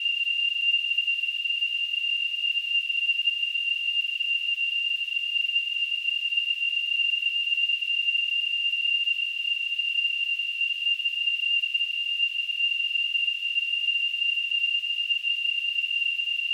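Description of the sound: Simulated tinnitus: a steady, unbroken high-pitched tone near 2.8 kHz over a faint high-frequency hiss, with no sound in the low range.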